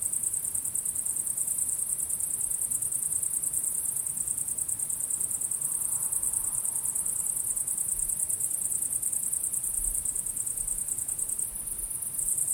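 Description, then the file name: Cricket chirping as one continuous, very high, buzzy trill that holds almost unbroken throughout. At sunset. "syrsor solnedgang"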